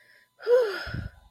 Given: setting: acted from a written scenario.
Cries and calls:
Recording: vocal sound without words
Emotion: relief

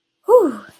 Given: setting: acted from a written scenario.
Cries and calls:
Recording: vocal sound without words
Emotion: relief

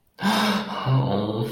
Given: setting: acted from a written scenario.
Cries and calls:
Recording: vocal sound without words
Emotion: embarrassment

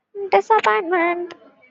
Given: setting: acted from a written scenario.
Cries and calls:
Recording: vocal sound without words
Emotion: disappointment

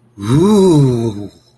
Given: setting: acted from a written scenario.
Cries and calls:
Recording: vocal sound without words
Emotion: romantic love

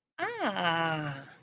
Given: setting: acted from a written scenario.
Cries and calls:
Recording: vocal sound without words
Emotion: realization

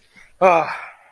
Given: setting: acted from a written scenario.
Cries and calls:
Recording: vocal sound without words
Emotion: guilt

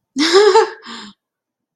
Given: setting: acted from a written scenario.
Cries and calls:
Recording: vocal sound without words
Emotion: positive surprise

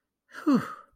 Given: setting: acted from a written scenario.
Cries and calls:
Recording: vocal sound without words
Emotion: triumph

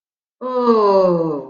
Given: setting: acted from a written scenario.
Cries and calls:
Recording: vocal sound without words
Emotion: disappointment

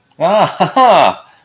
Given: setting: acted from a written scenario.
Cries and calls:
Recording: vocal sound without words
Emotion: amusement

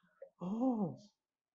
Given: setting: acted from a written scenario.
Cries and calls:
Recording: vocal sound without words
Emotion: negative surprise

